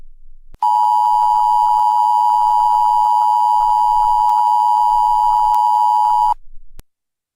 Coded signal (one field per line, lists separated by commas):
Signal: Emergency Alert System (SAME) tones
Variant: 853 and 960 Hz attention tone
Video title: EAS Scenario - Melons | Part 1